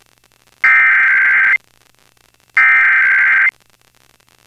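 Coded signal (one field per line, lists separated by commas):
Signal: Emergency Alert System (SAME) tones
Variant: header bursts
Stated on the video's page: Pennsylvania Required Monthly Test received from multiple broadcast stations, some weak, some distant via tropospheric propagation.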